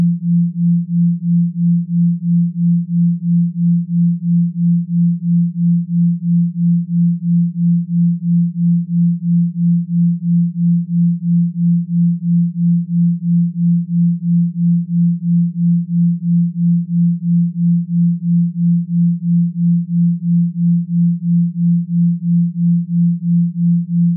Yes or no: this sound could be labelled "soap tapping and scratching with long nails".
no